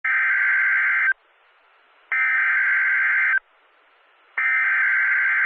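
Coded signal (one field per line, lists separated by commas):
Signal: Emergency Alert System (SAME) tones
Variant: header bursts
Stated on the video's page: Valid EAS tones from a real Severe Thunderstorm Warning broadcast.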